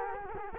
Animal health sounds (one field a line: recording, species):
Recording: mosquito wingbeat signal from an infrared sensor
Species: Culex quinquefasciatus